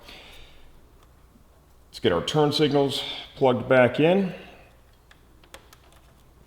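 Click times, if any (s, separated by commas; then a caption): 5.5 s. On a 2015–16 BMW S1000RR, after installing a Cox Racing radiator and oil cooler guard, a plastic motorcycle turn signal wiring plug is pushed into its mating harness connector. Someone talks, then after a few small ticks there is a sharp click at 5.5 seconds as the connector seats.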